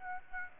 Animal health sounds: mosquito wingbeat signal from an infrared sensor; Aedes aegypti

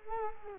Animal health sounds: mosquito wingbeat signal from an infrared sensor; Culex quinquefasciatus

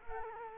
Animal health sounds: mosquito wingbeat signal from an infrared sensor; Culex quinquefasciatus

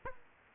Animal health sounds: mosquito wingbeat signal from an infrared sensor; Aedes aegypti

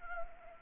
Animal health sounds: mosquito wingbeat signal from an infrared sensor; Anopheles arabiensis

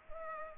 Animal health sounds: mosquito wingbeat signal from an infrared sensor; Culex pipiens

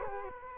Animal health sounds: mosquito wingbeat signal from an infrared sensor; Culex quinquefasciatus

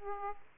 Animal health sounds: mosquito wingbeat signal from an infrared sensor; Aedes aegypti

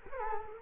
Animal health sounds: mosquito wingbeat signal from an infrared sensor; Culex quinquefasciatus

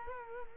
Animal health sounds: mosquito wingbeat signal from an infrared sensor; Culex quinquefasciatus

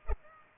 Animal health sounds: mosquito wingbeat signal from an infrared sensor; Culex pipiens

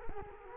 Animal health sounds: mosquito wingbeat signal from an infrared sensor; Culex quinquefasciatus

